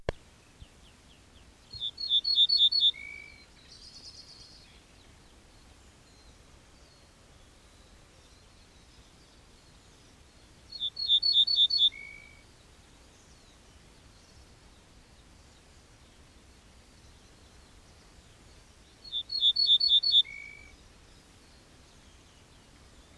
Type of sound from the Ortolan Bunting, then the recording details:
song. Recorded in the wild. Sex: male. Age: adult. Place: Schloß Holte-Stukenbrock, Senne, Nordrhein-Westfalen, DE. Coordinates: 51.8592, 8.66583. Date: 1967-05-14. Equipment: Uher 4000 Report-S, Bändchenmikro Beyer M 260, Parabolspiegel Polyester (470 mm). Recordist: Conrads, Klaus